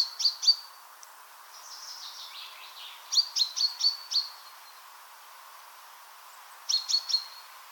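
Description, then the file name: Common chaffinch: clusters of a few short, high, clipped notes near the start, middle and end, with a softer descending phrase between them, over steady background hiss. "Fringilla coelebs"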